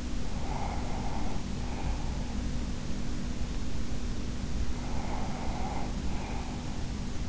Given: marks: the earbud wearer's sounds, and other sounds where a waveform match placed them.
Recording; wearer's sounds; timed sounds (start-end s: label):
sounds in sleep by an in-ear microphone; breath
0.18-2.44 s: breath
4.67-7.29 s: breath